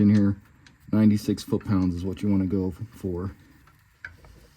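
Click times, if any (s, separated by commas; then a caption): 4.1 s. Someone talks while a torque wrench set to 96 ft-lb tightens the front wheel hub bearing assembly bolts on a Chevy Impala or Monte Carlo. After the talk, a single sharp click of the wrench reaching its setting sounds at 4.0 s, followed by quiet.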